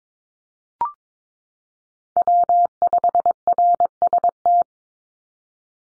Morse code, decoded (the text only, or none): W5RST